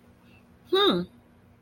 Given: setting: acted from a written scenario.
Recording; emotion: vocal sound without words; interest